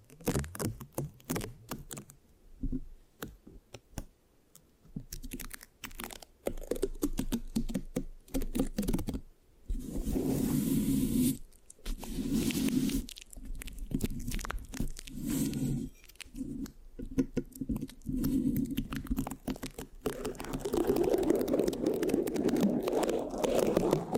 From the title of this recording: Mic Scratching, Sticky, Brain Massage Triggers